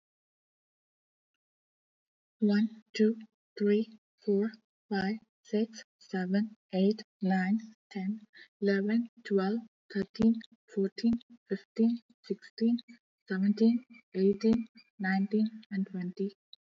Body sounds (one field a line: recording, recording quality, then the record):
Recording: counting at a normal pace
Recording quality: excellent, no background noise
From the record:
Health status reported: exposed to COVID-19, no respiratory illness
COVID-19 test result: negative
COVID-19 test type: RT-PCR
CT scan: not taken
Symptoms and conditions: none ticked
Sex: female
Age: 22 years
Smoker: no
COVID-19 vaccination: one dose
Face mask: not worn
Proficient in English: yes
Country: India